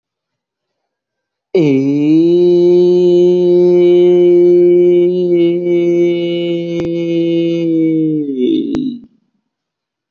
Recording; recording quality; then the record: sustained vowel as in made; excellent, no background noise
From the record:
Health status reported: healthy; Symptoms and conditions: none ticked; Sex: male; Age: 26 years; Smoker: not ticked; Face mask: not worn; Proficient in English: yes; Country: India